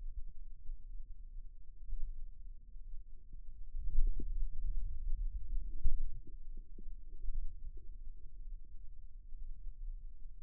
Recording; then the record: forearm muscle sounds (acoustic myography)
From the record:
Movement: radial deviation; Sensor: system 2, bracelet of six BSWA MPA416 microphones around the upper forearm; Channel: 4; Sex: male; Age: 22 years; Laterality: right